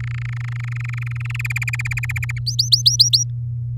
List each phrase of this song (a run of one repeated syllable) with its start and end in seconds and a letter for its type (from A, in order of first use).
0.00-1.37 A, 1.39-2.39 B, 2.47-3.24 C